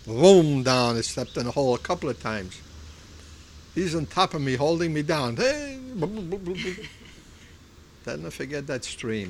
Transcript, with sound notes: Oh, down. I stepped in a hole a couple of times. He was on top of me holding me down. "Hey." ( he makes drowning noises ) (laughs) I'll never forget that stream.